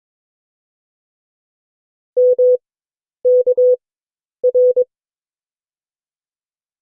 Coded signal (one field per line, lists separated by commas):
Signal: Morse code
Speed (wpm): 22 wpm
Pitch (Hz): 500 Hz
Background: none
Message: M K R